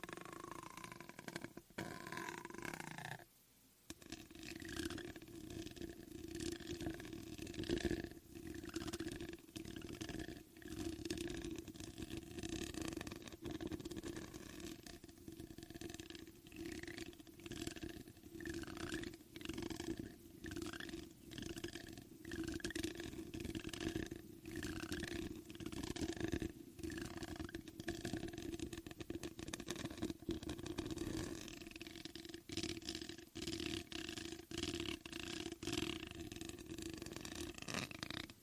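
Scratching and brushing against a foam mic cover runs nearly nonstop, dense and rough, with a brief pause near four seconds and many sharp scrapes.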